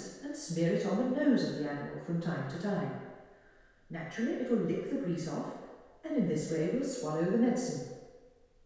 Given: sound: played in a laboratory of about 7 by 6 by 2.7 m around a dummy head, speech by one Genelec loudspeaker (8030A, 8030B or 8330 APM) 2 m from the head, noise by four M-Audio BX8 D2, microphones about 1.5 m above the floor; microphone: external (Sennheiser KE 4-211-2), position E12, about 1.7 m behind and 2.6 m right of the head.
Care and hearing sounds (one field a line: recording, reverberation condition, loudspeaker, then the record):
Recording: female speech in English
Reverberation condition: high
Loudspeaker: 60 degrees to the left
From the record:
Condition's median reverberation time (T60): about 1300 ms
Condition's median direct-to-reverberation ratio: about -4.0 dB